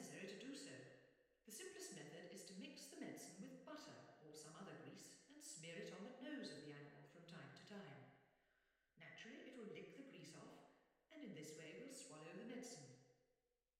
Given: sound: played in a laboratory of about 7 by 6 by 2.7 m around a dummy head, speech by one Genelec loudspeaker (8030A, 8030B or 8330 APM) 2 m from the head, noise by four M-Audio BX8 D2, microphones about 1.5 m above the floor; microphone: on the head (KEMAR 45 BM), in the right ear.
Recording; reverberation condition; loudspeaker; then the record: female speech in English; high; in front (0 degrees)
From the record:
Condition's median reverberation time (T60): about 1300 ms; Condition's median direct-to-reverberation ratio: about -4.0 dB